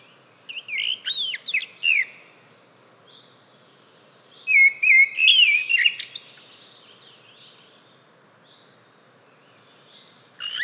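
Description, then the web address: Bird song in two bursts of quick, varied chirps and warbling whistles, the second including a wavering whistle, separated by several seconds of quiet, with another burst starting at the very end. "fagelljud"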